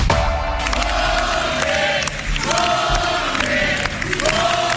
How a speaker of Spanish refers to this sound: Así han recibido hoy a Jorge Azcón en la sede nacional del PP en Madrid. Mucho aplauso, muchos vítores,